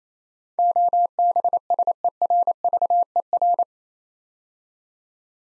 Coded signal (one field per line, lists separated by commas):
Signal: Morse code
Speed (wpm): 27 wpm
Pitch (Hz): 700 Hz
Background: none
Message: OBSERVER